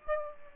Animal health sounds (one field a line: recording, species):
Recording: mosquito wingbeat signal from an infrared sensor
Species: Aedes aegypti